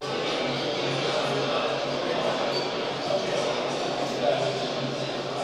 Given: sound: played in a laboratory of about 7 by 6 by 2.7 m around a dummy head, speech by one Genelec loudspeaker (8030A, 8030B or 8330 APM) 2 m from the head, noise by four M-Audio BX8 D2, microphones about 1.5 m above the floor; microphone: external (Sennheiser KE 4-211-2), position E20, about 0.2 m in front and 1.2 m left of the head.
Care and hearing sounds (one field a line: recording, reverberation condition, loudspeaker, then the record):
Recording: cafeteria noise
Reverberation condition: high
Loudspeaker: four, about 170 cm from the corners of the room and facing them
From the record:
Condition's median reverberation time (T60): about 1300 ms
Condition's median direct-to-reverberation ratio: about -4.0 dB